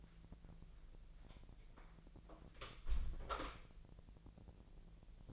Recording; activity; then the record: daily activity, microphone in the room; close door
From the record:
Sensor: 5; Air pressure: 1001.6 hPa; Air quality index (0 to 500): 248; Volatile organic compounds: 34 ppm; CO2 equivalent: 3048 ppm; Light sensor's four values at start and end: 38/87/35/34 and 38/87/35/34